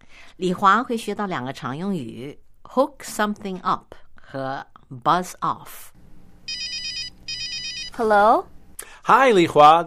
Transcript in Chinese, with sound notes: Li Hua 会学到两个常用语：hook something up 和 buzz off。 (Telephone rings...) Hello? Hi, Li Hua.